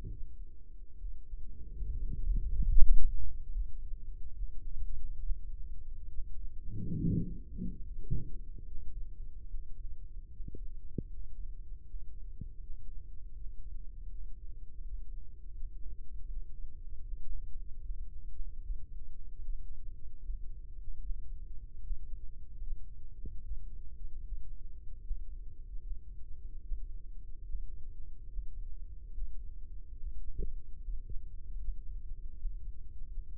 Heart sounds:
heart sounds by microphone in the right ear; 75 bpm
0.06 s: heartbeat
0.97 s: heartbeat
1.88 s: heartbeat
2.70 s: heartbeat
3.50 s: heartbeat
4.33 s: heartbeat
5.20 s: heartbeat
6.08 s: heartbeat
6.95 s: heartbeat
7.80 s: heartbeat
8.64 s: heartbeat
9.47 s: heartbeat
10.29 s: heartbeat
11.06 s: heartbeat
11.83 s: heartbeat
12.59 s: heartbeat
13.33 s: heartbeat
14.08 s: heartbeat
14.80 s: heartbeat
15.52 s: heartbeat
16.26 s: heartbeat
17.01 s: heartbeat
17.79 s: heartbeat
18.59 s: heartbeat
19.38 s: heartbeat
20.18 s: heartbeat
20.99 s: heartbeat
21.80 s: heartbeat
22.60 s: heartbeat
23.41 s: heartbeat
24.22 s: heartbeat
25.00 s: heartbeat
25.80 s: heartbeat
26.61 s: heartbeat
27.43 s: heartbeat
28.27 s: heartbeat
29.11 s: heartbeat
29.95 s: heartbeat
30.78 s: heartbeat
31.57 s: heartbeat
32.35 s: heartbeat
33.07 s: heartbeat
From the record:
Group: healthy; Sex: male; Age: 35 years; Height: 178 cm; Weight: 64 kg

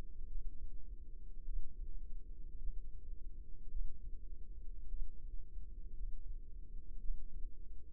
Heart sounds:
heart sounds by microphone in the left ear; 54 bpm
0.26 s: heartbeat
1.44 s: heartbeat
2.58 s: heartbeat
3.70 s: heartbeat
4.87 s: heartbeat
5.94 s: heartbeat
6.99 s: heartbeat
From the record:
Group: healthy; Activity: rest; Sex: female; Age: 28 years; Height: 170 cm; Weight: 77 kg

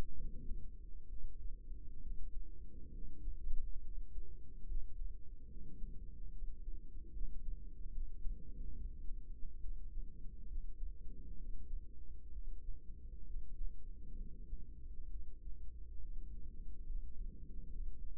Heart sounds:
heart sounds by microphone in the right ear; 68 bpm
0.15 s: heartbeat
1.07 s: heartbeat
2.00 s: heartbeat
2.91 s: heartbeat
3.80 s: heartbeat
4.65 s: heartbeat
5.47 s: heartbeat
6.30 s: heartbeat
7.10 s: heartbeat
7.90 s: heartbeat
8.73 s: heartbeat
9.59 s: heartbeat
10.46 s: heartbeat
11.35 s: heartbeat
12.30 s: heartbeat
13.24 s: heartbeat
14.16 s: heartbeat
15.08 s: heartbeat
15.99 s: heartbeat
16.84 s: heartbeat
17.68 s: heartbeat
From the record:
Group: healthy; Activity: rest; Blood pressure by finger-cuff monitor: 98/73 mmHg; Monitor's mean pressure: 82 mmHg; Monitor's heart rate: 68 bpm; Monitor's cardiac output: 4.8 L/min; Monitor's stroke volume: 71 mL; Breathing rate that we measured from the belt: 21 breaths a minute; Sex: female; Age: 32 years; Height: 172 cm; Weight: 71.7 kg

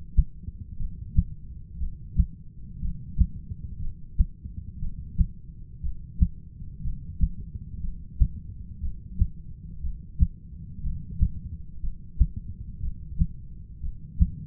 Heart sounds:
heart sounds by stethoscope; 60 bpm
0.77 s: heartbeat
1.78 s: heartbeat
2.80 s: heartbeat
3.80 s: heartbeat
4.80 s: heartbeat
5.81 s: heartbeat
6.82 s: heartbeat
7.81 s: heartbeat
8.81 s: heartbeat
9.81 s: heartbeat
10.82 s: heartbeat
11.81 s: heartbeat
12.80 s: heartbeat
13.81 s: heartbeat
From the record:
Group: heart failure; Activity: rest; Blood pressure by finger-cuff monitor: 112/76 mmHg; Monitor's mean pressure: 89 mmHg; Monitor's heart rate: 59 bpm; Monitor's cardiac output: 6.4 L/min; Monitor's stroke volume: 106 mL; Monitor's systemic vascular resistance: 1040 dyn s/cm5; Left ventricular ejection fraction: 25%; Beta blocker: metoprolol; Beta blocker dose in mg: 62.5 twice daily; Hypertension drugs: ramipril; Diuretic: furosemide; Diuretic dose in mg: 40 twice daily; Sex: male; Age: 57 years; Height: 180 cm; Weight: 90.5 kg

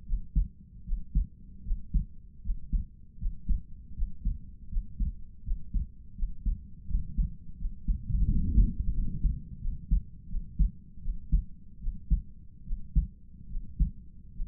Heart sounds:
heart sounds by stethoscope; 80 bpm
0.05 s: heartbeat
0.84 s: heartbeat
1.63 s: heartbeat
2.41 s: heartbeat
3.17 s: heartbeat
3.94 s: heartbeat
4.68 s: heartbeat
5.42 s: heartbeat
6.14 s: heartbeat
6.86 s: heartbeat
7.56 s: heartbeat
8.26 s: heartbeat
8.92 s: heartbeat
9.59 s: heartbeat
10.27 s: heartbeat
11.00 s: heartbeat
11.79 s: heartbeat
12.64 s: heartbeat
13.47 s: heartbeat
14.32 s: heartbeat
From the record:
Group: healthy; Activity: rest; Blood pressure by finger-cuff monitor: 86/60 mmHg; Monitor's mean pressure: 67 mmHg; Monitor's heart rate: 81 bpm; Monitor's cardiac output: 5.3 L/min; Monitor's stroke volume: 65 mL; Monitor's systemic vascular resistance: 910 dyn s/cm5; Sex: male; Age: 22 years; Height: 181 cm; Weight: 60 kg

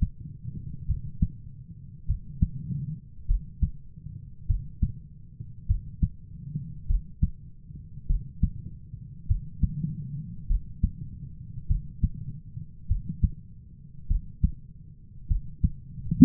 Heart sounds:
heart sounds by stethoscope; 50 bpm
0.84 s: heartbeat
2.04 s: heartbeat
3.25 s: heartbeat
4.45 s: heartbeat
5.65 s: heartbeat
6.85 s: heartbeat
8.05 s: heartbeat
9.25 s: heartbeat
10.45 s: heartbeat
11.65 s: heartbeat
12.85 s: heartbeat
14.06 s: heartbeat
15.26 s: heartbeat
From the record:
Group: heart failure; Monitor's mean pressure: 40 mmHg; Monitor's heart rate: 50 bpm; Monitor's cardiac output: 3.6 L/min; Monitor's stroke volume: 72 mL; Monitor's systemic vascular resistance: 730 dyn s/cm5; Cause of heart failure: dilated cardiomyopathy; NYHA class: 3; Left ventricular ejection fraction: 27%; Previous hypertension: present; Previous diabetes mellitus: present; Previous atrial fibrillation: present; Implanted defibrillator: present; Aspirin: present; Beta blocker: bisoprolol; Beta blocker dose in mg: 1.25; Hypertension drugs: sacubitril-valsartan, spironolactone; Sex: female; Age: 39 years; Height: 170 cm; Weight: 64 kg

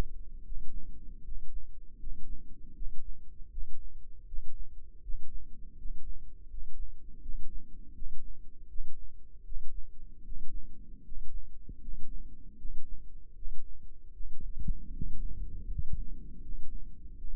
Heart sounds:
heart sounds by microphone in the left ear; 79 bpm
0.42 s: heartbeat
1.21 s: heartbeat
1.97 s: heartbeat
2.73 s: heartbeat
3.49 s: heartbeat
4.24 s: heartbeat
5.00 s: heartbeat
5.75 s: heartbeat
6.47 s: heartbeat
7.20 s: heartbeat
7.93 s: heartbeat
8.66 s: heartbeat
9.43 s: heartbeat
10.22 s: heartbeat
11.02 s: heartbeat
11.79 s: heartbeat
12.56 s: heartbeat
13.33 s: heartbeat
14.11 s: heartbeat
14.91 s: heartbeat
15.65 s: heartbeat
16.39 s: heartbeat
17.15 s: heartbeat
From the record:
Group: healthy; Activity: rest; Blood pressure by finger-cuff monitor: 104/69 mmHg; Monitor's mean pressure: 77 mmHg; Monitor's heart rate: 79 bpm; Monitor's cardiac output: 6.2 L/min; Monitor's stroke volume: 79 mL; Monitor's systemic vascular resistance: 890 dyn s/cm5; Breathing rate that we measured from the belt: 13 breaths a minute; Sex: male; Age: 35 years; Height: 180 cm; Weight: 86.9 kg

